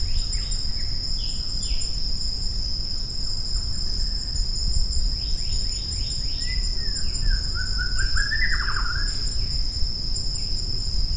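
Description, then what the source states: Shama song of several thin whistles, then a rapid trilled phrase, partly masked by a constant high electronic whine and low rumbling noise. Maratua.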